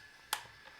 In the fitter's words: you'll hear it click like it just did